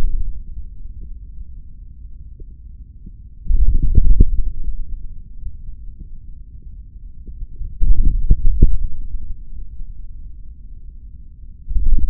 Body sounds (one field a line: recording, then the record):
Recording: forearm muscle sounds (acoustic myography)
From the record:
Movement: hand closing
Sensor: system 3, bracelet of six PUI Audio POM-2738L microphones around the upper forearm, with dedicated amplification and filtering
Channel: 1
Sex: male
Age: 26 years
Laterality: right